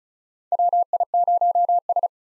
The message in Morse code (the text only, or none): WI0S